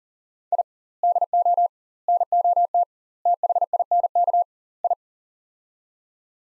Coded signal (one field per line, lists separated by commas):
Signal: Morse code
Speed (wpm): 40 wpm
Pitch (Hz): 700 Hz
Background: none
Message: I DO NOT THINK I